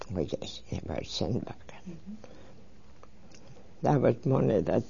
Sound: she whispers

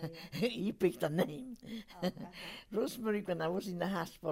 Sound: she laughs

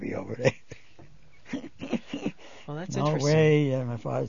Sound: he laughs

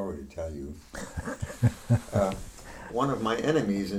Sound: they laugh

